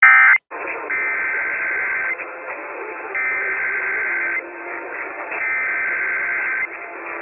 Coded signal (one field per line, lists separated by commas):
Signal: Emergency Alert System (SAME) tones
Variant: header bursts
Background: speech